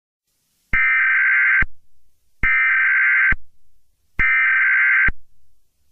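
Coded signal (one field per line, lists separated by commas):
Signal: Emergency Alert System (SAME) tones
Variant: header bursts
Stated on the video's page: Fictional mega-disaster alert scenario.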